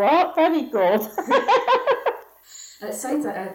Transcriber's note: laughs